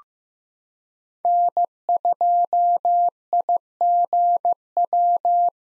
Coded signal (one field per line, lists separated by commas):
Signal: Morse code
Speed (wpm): 15 wpm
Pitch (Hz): 700 Hz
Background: none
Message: N2IGW